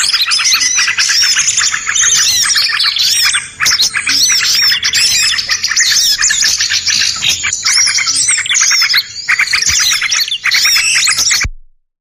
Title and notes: Suara Burung Bandel Yang Susah Mendekati. Suara Pikat Burung